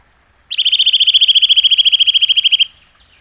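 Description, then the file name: Eurasian nuthatch trill: a fast, even run of many high piping notes lasting roughly two seconds, then silence. "csuszka"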